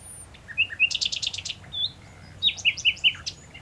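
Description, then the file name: Common nightingale singing a short phrase: a rapid burst of buzzy high notes, then clear whistled slurs and a quick repeated series of chirps. "Luscinia megarhynchos"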